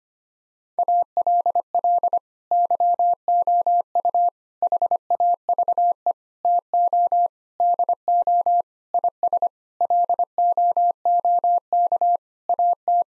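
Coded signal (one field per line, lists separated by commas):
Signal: Morse code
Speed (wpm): 25 wpm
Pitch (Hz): 700 Hz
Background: none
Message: ALL YOU HAVE TO DO IS LOOK AT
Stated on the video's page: Morse practice sentences of common nine-word phrases at 25 wpm, for head-copy.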